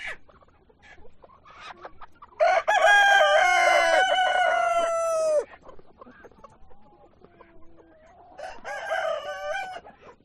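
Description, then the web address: Chicken: rooster gives a loud, long crow lasting about three seconds, then hens cluck softly before a second, quieter crow starts. Hens and roosters at a poultry farm. "granja avicola sonidos de gallinas y gallos"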